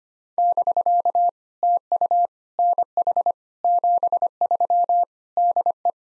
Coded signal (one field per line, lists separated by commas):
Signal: Morse code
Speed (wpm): 25 wpm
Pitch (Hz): 700 Hz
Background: none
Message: <BK> TU NH 73 DE